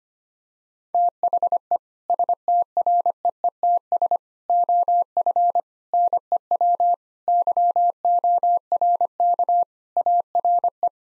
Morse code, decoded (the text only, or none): THE STREETS OF NEW YORK ARE